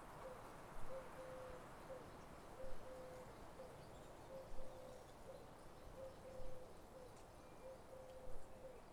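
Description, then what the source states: Pigeon cooing, a soft low hooting note repeated about every two seconds, under steady rushing wind. Country ambience with wind.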